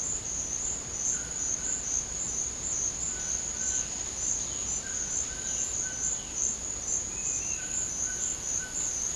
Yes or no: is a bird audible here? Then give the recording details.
yes. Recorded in dense forest near Puerto Asís, Putumayo, Colombia, on 4 March 2025 at 16:00. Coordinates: 0.500, -76.322. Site GP06